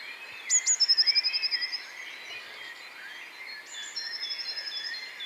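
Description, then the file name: Eurasian blue tit calling twice: high notes and a fast trill, the second one weaker, against steady background noise. "Cyanistes caeruleus"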